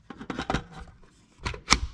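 A steel magazine is inserted into the magazine well of a newly imported rifle. Scraping and handling sounds come first, then a sharp click at 1.7 s as it latches home. It seats with a nice click.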